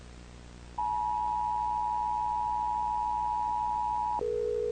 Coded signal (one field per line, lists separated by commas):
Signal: Emergency Alert System (SAME) tones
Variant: 853 and 960 Hz attention tone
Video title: Emergency Alert System By ThisIsNotATest 3